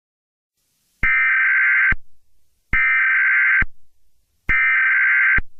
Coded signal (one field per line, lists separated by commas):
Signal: Emergency Alert System (SAME) tones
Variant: header bursts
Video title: EAS Scenario Story #3: PAW Patrol: Zuma's Fear Part 2